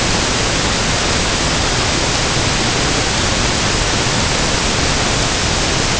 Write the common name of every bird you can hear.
none